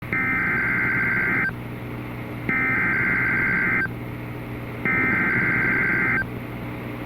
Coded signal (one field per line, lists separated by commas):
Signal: Emergency Alert System (SAME) tones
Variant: header bursts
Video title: Severe Thunderstorm Warning (AR and TN) (5/20/25) [EAS #168]